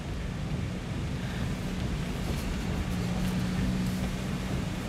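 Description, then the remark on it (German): Strong storm wind roars in a constant, dense rush of noise with a heavy low rumble and a faint steady drone beneath it, loud and unbroken throughout, with no voices. The storm is strong enough to nearly blow a slowly driving car off the road. “Der Sturm ist so stark, dass er den Wagen fast von der Straße weht.”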